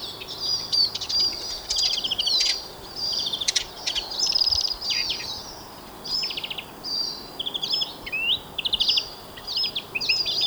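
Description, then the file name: European greenfinch song of quick ringing trills and chirps in repeated bursts, with short pauses between phrases. "Chloris chloris"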